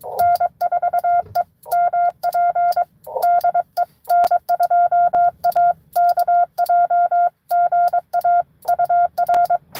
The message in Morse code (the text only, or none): N4EMP DE N2AKJ GA UR